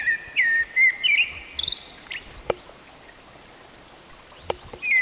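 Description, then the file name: Eurasian blackbird song: a short burst of low, fluty warbled notes at the opening, followed by faint high squeaks and a brief whistle near the end. "Turdus merula"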